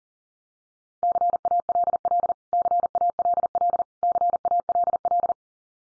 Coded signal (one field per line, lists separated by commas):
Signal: Morse code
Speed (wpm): 38 wpm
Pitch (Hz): 700 Hz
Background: none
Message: CALL CALL CALL